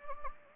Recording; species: mosquito wingbeat signal from an infrared sensor; Anopheles gambiae